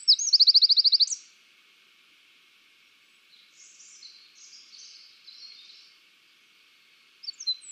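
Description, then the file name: Eurasian wren giving a quick, high rattling trill lasting about a second, followed by soft twittering and a few sharp high notes at the end. "Troglodytes troglodytes"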